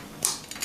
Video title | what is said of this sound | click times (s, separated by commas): Cadillac Key Fob Battery Replacement - All XT6, XT5, CT6, Early model years XT4 and Escalades | to the bottom first, and then you just gotta snap it in place, | 0.2 s